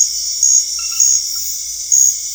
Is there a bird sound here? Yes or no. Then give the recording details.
no. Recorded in dense forest near Puerto Asís, Putumayo, Colombia, on 20 February 2024 at 02:30. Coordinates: 0.485, -76.318. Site G6408